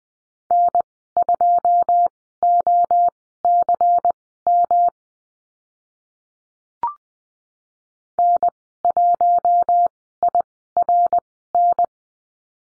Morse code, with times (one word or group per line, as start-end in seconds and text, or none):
0.5-4.9 N2OCM
8.2-11.8 N1IRN